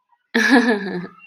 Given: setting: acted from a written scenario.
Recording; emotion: vocal sound without words; amusement